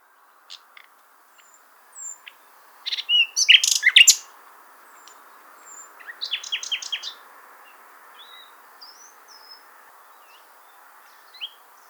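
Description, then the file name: Common nightingale song: scattered high thin whistles, then a loud harsh burst and a rapid rattling run of repeated notes, separated by pauses, with a steady low background hiss. "Luscinia megarhynchos"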